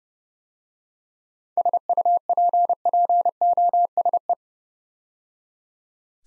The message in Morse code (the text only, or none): SUPPOSE